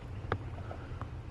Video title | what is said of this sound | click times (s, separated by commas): Best Performance Enhancement For The 4th Gen Toyota Tacoma | Well, I didn't hear a snap, but I did feel it connect. | 0.3 s